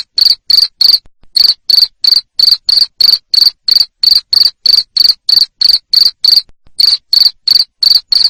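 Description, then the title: Cricket with loud high-pitched pulsed chirps in a rapid regular rhythm, about three per second, with two brief breaks. Loud cricket chirping used to stimulate lovebirds to sing continuously (ngekek). "Suara JANGKRIK NGERIK Keras Bikin LOVEBIRD Jadi NGEKEK Terus Vubey"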